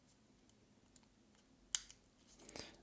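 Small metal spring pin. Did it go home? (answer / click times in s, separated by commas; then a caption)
yes / 1.7 s. A smartwatch strap's quick-release pin is pressed into the lug on the second side of a KOSPET Magic R10 GPS smartwatch case. Faint ticks lead up to one sharp, bright click at 1.8 s, followed by a few softer rustling clicks. The pin snaps in and the strap is seated.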